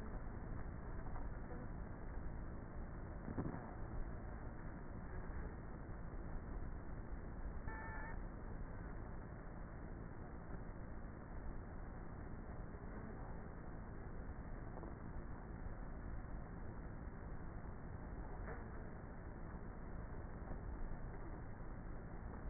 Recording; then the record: honeybee colony, microphone inside the hive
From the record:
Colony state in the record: queenless with a low population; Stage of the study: before two queens were removed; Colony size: about 30,000 bees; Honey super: no